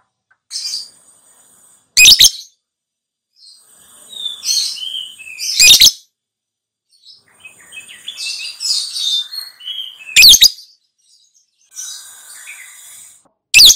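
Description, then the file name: Lovebird uttering loud, shrill shrieks every few seconds, interspersed with quieter squeaky chirps and twitters. "suara lovebird"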